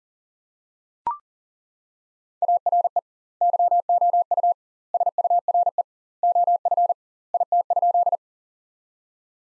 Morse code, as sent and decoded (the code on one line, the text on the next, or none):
.- .-. . / -.-- --- ..- / ... ..- .-. . / --- ..-. / .. - ..--..
ARE YOU SURE OF IT?